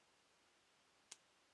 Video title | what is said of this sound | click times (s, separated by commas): UNBOXiNG REViEW OF Transformers WFC: Siege Lionizer Battle Master | take the blade and fold it down till it locks in place. | 1.1 s